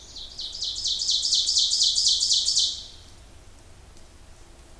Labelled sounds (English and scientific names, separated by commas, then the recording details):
Ovenbird (Seiurus aurocapilla) song
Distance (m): 10 m
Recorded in boreal forest in Alberta, Canada, on 26 May 2016 at 07:19
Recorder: SongMeter 3, array SBT-3-15
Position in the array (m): 41 m, 225 m
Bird 20